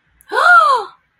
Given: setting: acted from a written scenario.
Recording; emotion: vocal sound without words; awe